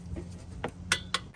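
A click-type torque wrench with a 17mm socket tightens the oil drain plug on the oil pan of a 2014-2020 Acura MDX. Against a low steady hum, short metallic clinks sound at about 0.6 s and 1.1 s, with the sharpest, loudest click at 0.9 s as the wrench releases at its setting. The plug is confirmed good at 30 foot-pounds.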